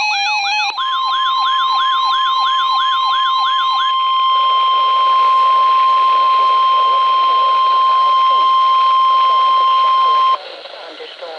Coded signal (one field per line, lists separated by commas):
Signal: Emergency Alert System (SAME) tones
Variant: 1050 Hz attention tone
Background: speech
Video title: 2 Same Special Marine Warning for Chesapeake Bay from Sandy Point to Drum Point MD {EAS #834,835}